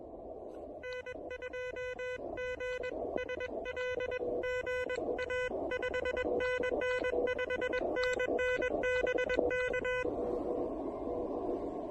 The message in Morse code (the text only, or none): N2GSL GA 5NN 5NN BK